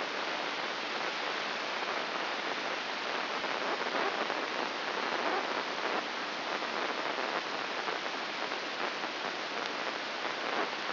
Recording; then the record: brain microelectrode recording played as sound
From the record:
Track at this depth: inside the subthalamic nucleus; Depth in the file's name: 5.401 mm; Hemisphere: right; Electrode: 2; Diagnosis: Parkinson's disease